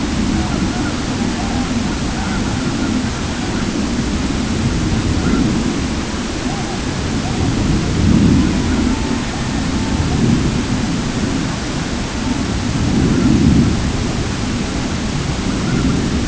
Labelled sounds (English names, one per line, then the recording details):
unidentified sound
Red-throated Loon
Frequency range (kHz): Red-throated Loon 0.7-2.2 kHz
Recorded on Arctic tundra, site CORI-1, on 16 June 2018
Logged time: 06:00